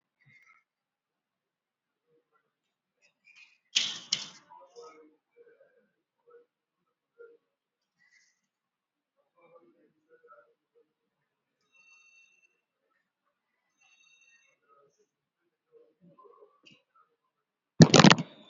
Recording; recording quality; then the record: deep breathing; poor, much background noise or distortion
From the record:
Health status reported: respiratory illness, not identified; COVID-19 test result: not tested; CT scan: not taken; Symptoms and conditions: fever, fatigue, muscle pain, asthma, diabetes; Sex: female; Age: 70 years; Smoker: no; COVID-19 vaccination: none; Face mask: worn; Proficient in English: no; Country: India